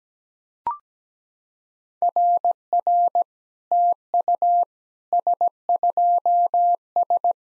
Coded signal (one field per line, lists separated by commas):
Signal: Morse code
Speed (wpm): 17 wpm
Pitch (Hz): 700 Hz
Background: none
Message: RR TU S2S